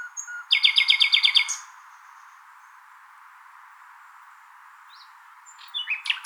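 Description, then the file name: Common nightingale song: a thin whistle, then a loud rapid rattling trill, a long pause, and fresh notes near the end. "Luscinia megarhynchos"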